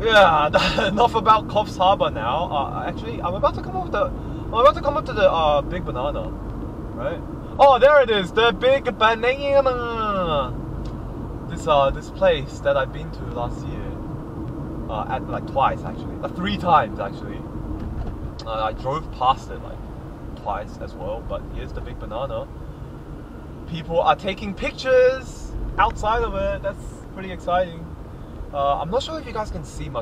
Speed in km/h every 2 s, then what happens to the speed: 61, 61, 61, 61, 59, 57, 57, 60, 58, 56, 53, 51, 49, 50, 49.
0-15 steady at about 60. 15-23 slows to 49. 23-30 steady at about 49.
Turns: none.